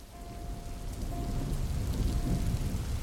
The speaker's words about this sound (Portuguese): Uma chuva forte caía no asfalto.